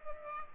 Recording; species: mosquito wingbeat signal from an infrared sensor; Culex pipiens